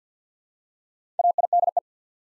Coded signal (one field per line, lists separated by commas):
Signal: Morse code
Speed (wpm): 50 wpm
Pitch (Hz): 700 Hz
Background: none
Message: AIDE